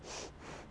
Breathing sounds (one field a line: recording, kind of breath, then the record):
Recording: one breath in and out by a microphone near the nose and mouth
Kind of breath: strong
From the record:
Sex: female